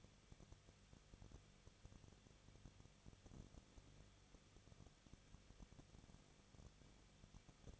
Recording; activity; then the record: daily activity, microphone in the room; no activity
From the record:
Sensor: 4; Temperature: 23.0 degrees Celsius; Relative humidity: 34.0%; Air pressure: 1007.4 hPa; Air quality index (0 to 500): 213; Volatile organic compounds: 14 ppm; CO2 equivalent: 2452 ppm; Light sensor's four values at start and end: 2/3/1/1 and 2/3/1/1